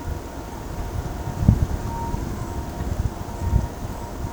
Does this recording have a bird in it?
no